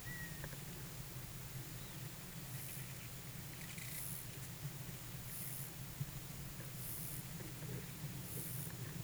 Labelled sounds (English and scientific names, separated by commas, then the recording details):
none
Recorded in pastures near Puerto Asís, Putumayo, Colombia, on 23 June 2025 at 12:30
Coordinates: 0.486, -76.323
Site H29